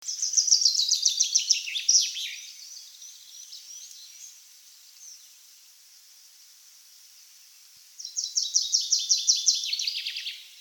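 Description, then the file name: Common chaffinch song: a bright rattling series of notes falling in pitch and ending in a flourish, sung twice about eight seconds apart, with faint high chirps between. "Fringilla coelebs"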